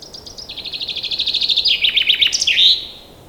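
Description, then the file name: Common chaffinch song phrase of rapid repeated notes that quicken and fall in pitch, finishing with an emphatic twisting end note around two and a half seconds in. "Fringilla coelebs"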